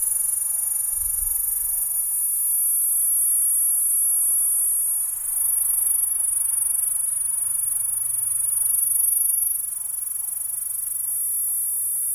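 P. catenata holds a high, even buzzing trill throughout, with a brief low thump near the start and faint low droning.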